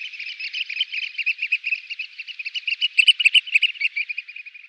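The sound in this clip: Eurasian oystercatcher producing a dense stream of high piercing piping notes, fast and unbroken, with a few higher sharp notes partway through.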